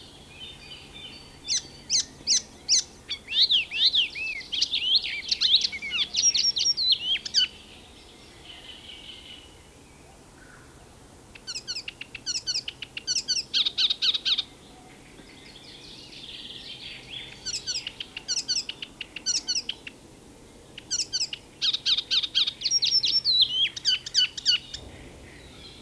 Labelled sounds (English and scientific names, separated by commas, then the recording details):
Icterine Warbler (Hippolais icterina) song
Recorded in the wild
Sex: male
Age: adult
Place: Großgründlach, Bayern, DE
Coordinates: 49.5306, 11.0017
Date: 1963-05-20
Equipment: Nagra, AKG D19/200, Original, Vollspur
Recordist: Tretzel, Erwin